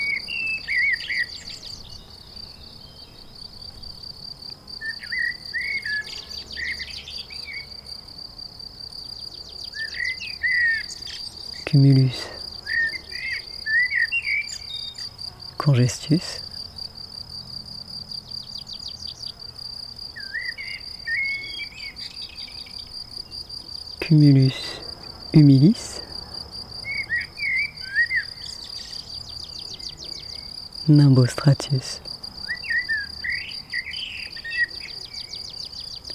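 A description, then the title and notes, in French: Calcareous grassland: a steady high insect drone runs throughout, with crickets chirping continuously. Short bird calls flit in the upper-middle range every few seconds, and loud sweeping thumps or swishes cut in around 12, 16, 24–25 and 31 seconds. Pelouses Calcaires.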